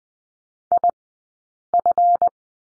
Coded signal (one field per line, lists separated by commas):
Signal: Morse code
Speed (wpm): 20 wpm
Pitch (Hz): 700 Hz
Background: none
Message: IF